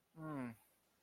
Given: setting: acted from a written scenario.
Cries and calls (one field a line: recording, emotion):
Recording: vocal sound without words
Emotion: embarrassment